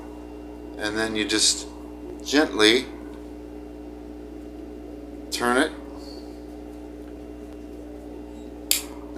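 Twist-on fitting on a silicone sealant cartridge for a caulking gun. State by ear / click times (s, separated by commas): seated / 8.7 s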